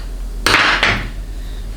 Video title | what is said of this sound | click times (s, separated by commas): Dodge 68RFE Rebuild Part 2 - Input Housing Assembly | I'll snap right in as far as I know there's no clocking requirement so | 0.5 s